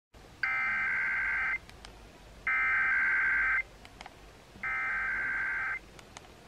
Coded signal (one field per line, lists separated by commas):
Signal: Emergency Alert System (SAME) tones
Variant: header bursts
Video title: KSL's RWT (EAS #3038)